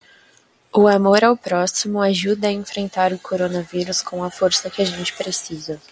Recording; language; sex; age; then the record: spoken sentence; Brazilian Portuguese; female; 20 to 29 years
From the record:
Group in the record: control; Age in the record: 20 years